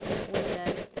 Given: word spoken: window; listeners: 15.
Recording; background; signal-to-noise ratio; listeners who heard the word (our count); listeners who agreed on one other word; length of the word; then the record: one English word in noise, from a listening test; noise modulated by three-talker babble; -6.9 dB; 1 of 15; 10 of 15; 0.60 s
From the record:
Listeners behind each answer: 10, 1, 1, 1, 1, 1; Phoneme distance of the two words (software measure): 34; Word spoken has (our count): 2 syllables, 5 phonemes, stress on syllable 1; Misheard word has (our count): 2 syllables, 3 phonemes, stress on syllable 1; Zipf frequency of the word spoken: 4.84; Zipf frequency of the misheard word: 5.15